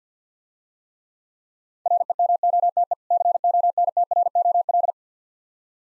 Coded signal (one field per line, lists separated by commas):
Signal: Morse code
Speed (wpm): 51 wpm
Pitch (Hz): 700 Hz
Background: none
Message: REMOTE CONTROL